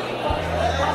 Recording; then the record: background sound without coughing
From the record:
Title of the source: CITY SOUNDS Busy Bar in the Evening Night - 2 HOURS of Ambiance for Relaxation